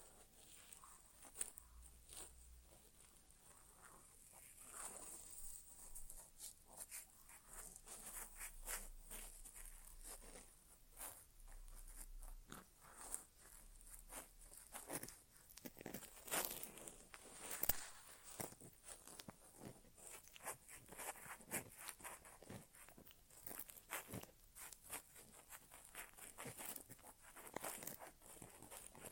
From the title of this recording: ASMR Inner Ear Exam (No Talking)